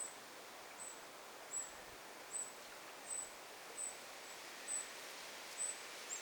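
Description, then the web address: Eurasian wren begging calls: very high, thin, short notes repeated several times over a steady soft background hiss. Recorded 9 August 2026; wren fledglings begging. "paivat 9 8 2026 peukaloisen lentopoikaset kerjaavat"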